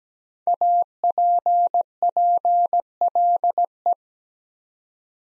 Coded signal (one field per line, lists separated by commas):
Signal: Morse code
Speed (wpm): 17 wpm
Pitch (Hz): 700 Hz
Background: none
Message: APPLE